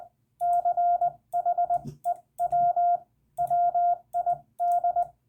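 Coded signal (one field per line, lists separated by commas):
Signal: Morse code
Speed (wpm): 20 wpm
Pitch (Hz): 700 Hz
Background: radio noise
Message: CHEW WID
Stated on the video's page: CW lesson on using the hyphen in ragchew, with hand keying and a CW ragchew.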